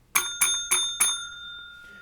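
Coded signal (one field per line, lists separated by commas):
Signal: bell signal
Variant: UK railway block bell code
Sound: four quick evenly spaced single bell strokes, ringing briefly after the last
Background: quiet room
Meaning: Is line clear for a class one train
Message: 4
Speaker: so four Bells we're asking the signal is the line clear can you accept a class one train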